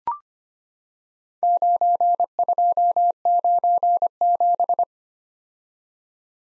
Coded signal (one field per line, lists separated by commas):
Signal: Morse code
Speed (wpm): 25 wpm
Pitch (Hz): 700 Hz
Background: none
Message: 9297